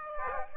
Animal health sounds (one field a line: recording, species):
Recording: mosquito wingbeat signal from an infrared sensor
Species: Aedes aegypti